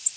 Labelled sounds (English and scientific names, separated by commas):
Ovenbird (Seiurus aurocapilla) flight call